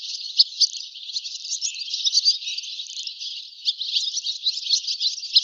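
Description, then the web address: Bird twittering, rapid high chirps and buzzy notes running together without a break, with louder notes now and then. "cianscape birddata Deverinetal 2025"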